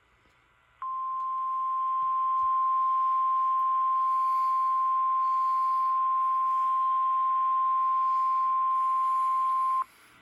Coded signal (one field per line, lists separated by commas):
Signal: Emergency Alert System (SAME) tones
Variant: 1050 Hz attention tone